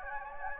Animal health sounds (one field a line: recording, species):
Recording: mosquito wingbeat signal from an infrared sensor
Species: Anopheles gambiae